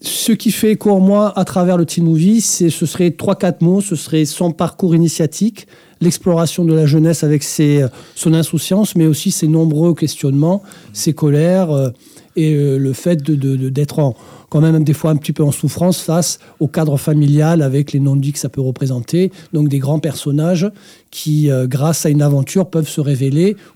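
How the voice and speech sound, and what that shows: Adult male speaking fluent French with stuttering: a sound repetition ("de-de-de-de") and stretched vowels.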